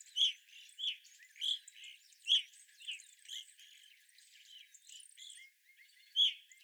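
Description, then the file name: Evening grosbeak calls: loud, ringing burry notes at short intervals, then a pause and another call, over faint high chatter. Several evening grosbeaks recorded on 25 April 2021. "2021-04-25 Evening Grosbeaks"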